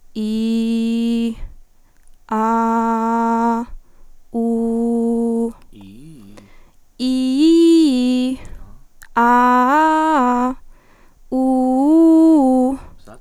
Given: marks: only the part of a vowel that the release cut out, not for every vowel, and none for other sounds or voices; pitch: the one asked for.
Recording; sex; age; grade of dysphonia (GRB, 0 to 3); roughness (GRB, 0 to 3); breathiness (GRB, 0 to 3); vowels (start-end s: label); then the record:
sustained vowels; female; 20 to 29 years; 0; 0; 0
0.59-1.24 s: vowel /i/, low pitch
2.52-3.41 s: vowel /a/, low pitch
4.47-5.42 s: vowel /u/, low pitch
7.19-8.12 s: vowel /i/, low-high-low pitch
9.27-10.44 s: vowel /a/, low-high-low pitch
11.41-12.62 s: vowel /u/, low-high-low pitch
From the record:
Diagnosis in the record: healthy voice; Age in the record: 20 years